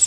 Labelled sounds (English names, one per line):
Pine Warbler flight call